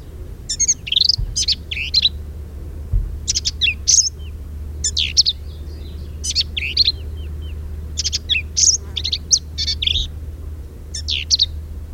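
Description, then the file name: Black-capped vireo song: quick bursts of scratchy, chattering high notes mixed with sharp whistles, over a steady low hum. Recorded 10 May 2007. "2007-05-10 Black-capped Vireo"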